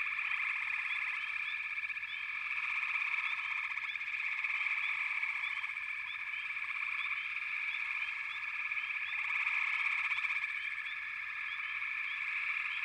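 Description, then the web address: Frogs calling together in a thick, unbroken trilling chorus, with quick upward chirps repeated over and over and gentle swells in volume. "Nature Songs Nature Sounds The Natural Sounds of the Wilderness 10 CDs collection Echoes of Nature - Frog Chorus"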